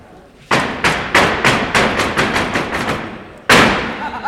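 A series of heavy, booming stomps on a hollow wooden stage during a rehearsal, about a dozen in a steady rhythm that quickens slightly, then a pause before one final loud stamp.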